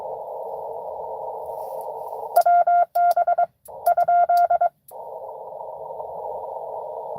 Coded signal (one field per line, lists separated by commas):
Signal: Morse code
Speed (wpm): 23 wpm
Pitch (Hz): 690 Hz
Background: radio noise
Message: WB ?